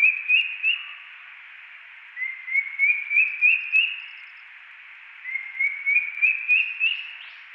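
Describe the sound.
Drongo-cuckoo whistling rising series of several clear notes, each a step higher; the series is heard three times, with pauses between.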